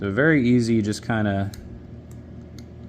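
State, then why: Seated. Someone talks while pushing a small propeller by hand, left-handed, onto the nose shaft of a 1/72 scale diecast P-40 Warhawk model aircraft. The speech stops at about 1.5 seconds and gives way to quiet handling, then a faint tick at about 2.1 seconds. The propeller press-fits and seats with a short, sharp click at 2.6 seconds.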